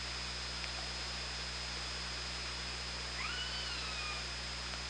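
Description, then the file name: Killer whale call, a single rising then level tone about three seconds in, faint against a steady background of hiss and low electrical hum. Recorded on the OrcaLab hydrophone, 24 August 2017, 18:05. "Orca Lab UTLN JASON 20170824 180539"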